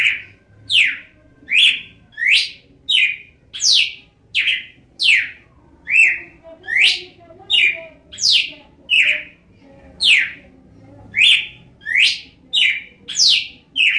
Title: Galo de Campina